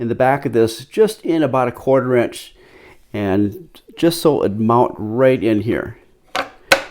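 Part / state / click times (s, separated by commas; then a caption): spacer piece into a drilled hole in a kayak crate rod holder mount / seated / 6.7 s. A spacer piece is pushed into a hole drilled about a quarter inch deep in the back of a DIY kayak crate rod holder mount, which has two dimples; it is added as a safety factor so the wingnut bolts don't over-compress and collapse the mount. Someone talks for most of the clip, then a faint tap at 6.4 s is followed by a loud, sharp knock at 6.7 s as the spacer seats and locks in place.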